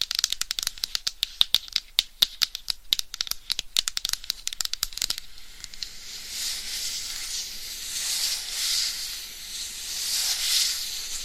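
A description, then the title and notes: Crisp tapping on a microphone with long nails fills the first five seconds, rapid and uneven clicks in quick bursts. Then it shifts to a continuous bright scratching that swells and fades in slow waves until the end. ASMR Binaural Mic Scratching & Tapping for 100% SLEEP No Talking with Long Nails.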